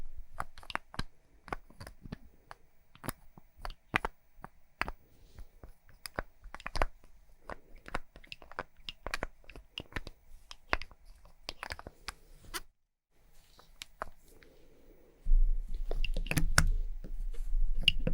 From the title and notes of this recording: ASMR Makeup Triggers For Sleep Tapping, Scratching, etc (No Talking).